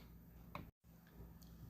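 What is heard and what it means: A torque wrench tightens the timing belt tensioner bolt into the aluminum engine block of a 2.5 SOHC Subaru to 28.8 ft-lb; it is torqued because this bolt can strip and a failed tensioner can bend valves. A single short, sharp tick at 0.6 s marks the wrench reaching its setting, followed by a brief full dropout of sound and low background noise. The bolt is confirmed torqued.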